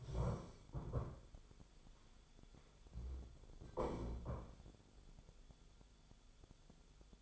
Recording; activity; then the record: daily activity, microphone in the room; stand up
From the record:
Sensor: 5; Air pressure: 1015.3 hPa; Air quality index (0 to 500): 187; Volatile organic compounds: 7 ppm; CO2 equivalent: 2033 ppm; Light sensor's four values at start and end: 35/81/32/31 and 35/81/32/31